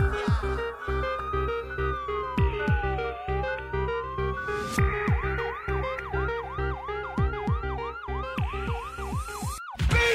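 An ambulance siren wails in slow rising and falling sweeps, then switches to a fast, repeating yelp, loud over a steady backdrop of low rhythmic thumps.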